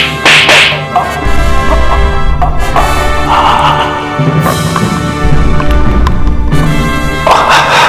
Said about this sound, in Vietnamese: Lục Tử Minh diều Kha Lương, rồi tát mạnh liên tiếp vào mặt anh